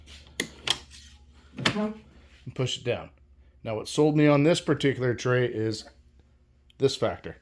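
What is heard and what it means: The front and back release latches on a folding table tray, mounted to a Milwaukee Packout mechanics service cart, are pressed, giving sharp clicks at 0.4 s and 0.7 s before the tray is pushed down. The latches release and the tray lowers. Someone talks throughout.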